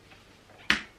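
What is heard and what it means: A detachable part is slid onto the frame of a Baby Jogger City Mini GT Double stroller and pushed in after being taken off for storage. A single sharp click at 0.7 s, against quiet background, shows it seating and locking into place.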